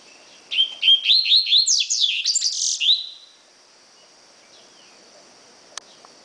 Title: Canto Coleiro